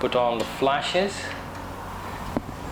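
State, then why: Seated. Someone talks while a flash unit is put onto the camera's mounting bracket. A short, sharp click sounds at 2.4 s as the flash head seats on the bracket, with a steady low hum underneath.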